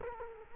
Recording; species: mosquito wingbeat signal from an infrared sensor; Culex quinquefasciatus